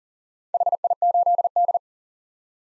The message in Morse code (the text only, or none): HI8D